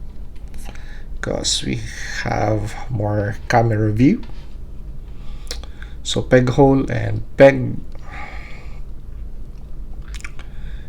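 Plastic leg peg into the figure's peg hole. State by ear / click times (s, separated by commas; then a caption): seated / 10.2 s. A plastic peg on the leg of a plastic Transformers action figure is lined up with its peg hole and pressed together while someone talks. After a few small taps and clicks, the peg snaps into the hole with a sharp click at 10.3 seconds, seating it in place.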